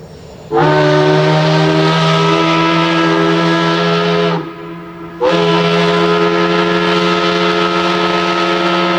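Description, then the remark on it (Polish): A loud, steady factory steam whistle blares in early morning in Łódź with a low, rich harmonic tone, cuts off briefly after about four seconds, then resumes and holds on without a break. “Pierwszy wrzaskliwy świst fabryczny rozdarł ciszę wczesnego poranku, a za nim we wszystkich stronach miasta zaczęły się zrywać coraz zgiełkliwiej inne i darły się chrapliwymi, niesfornymi głosami, niby chór potwornych kogutów”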